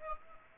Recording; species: mosquito wingbeat signal from an infrared sensor; Aedes aegypti